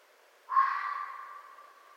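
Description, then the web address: Red fox producing one rough, wailing call that starts abruptly and fades out over a second and a half. Recorded on 4 May 2011. "Red Fox 2011 05 04 Red Fox short"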